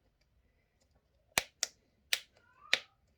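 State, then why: Seated. A plastic snowflake ornament, centred by hand, is pressed into a diamond-painted lamp panel and clips between the resin diamonds. Four sharp, bright clicks are heard at 1.4, 1.6, 2.1 and 2.7 seconds, with a faint tick near 2.4 seconds. The snowflake ends up seated and sitting tight.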